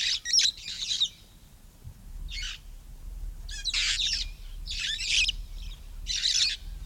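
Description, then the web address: Red-fronted parrot making harsh rasping screeches in short bursts, several near the start, then a loose series after a pause. "parrots poicephalus-gulielmi"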